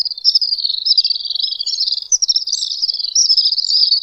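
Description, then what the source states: Little swift screams: a continuous, shrill, high-pitched trilling reel without pause throughout. Shrill, joyous screams given while circling nests and when large flocks playfully gather in the sky; often heard at night when active.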